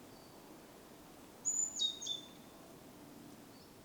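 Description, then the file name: Great tit call: a single short phrase of thin, high whistled notes followed by a few quick lower chirps, over a quiet steady background hiss. "Parus major"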